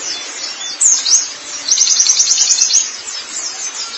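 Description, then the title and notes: White-eye song: high, thin chirps and downslurred notes, then a fast rattling run of sharp twittering notes lasting about a second, with faint background hiss. "Kicauan Burung Pleci Durasi Panjang. Suara kicauan burung pleci"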